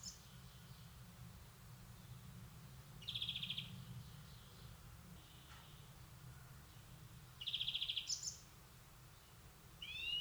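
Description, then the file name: European greenfinch producing two brief rapid chattering trills several seconds apart, with faint high twitters and a low constant hum beneath. "Chloris chloris"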